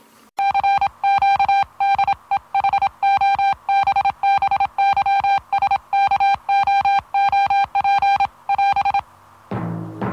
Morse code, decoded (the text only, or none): CQ DE HOBBYSKOOP <AS>